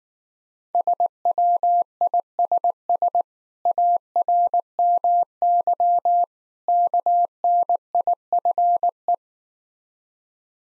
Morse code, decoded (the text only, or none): SWISS ARMY KNIFE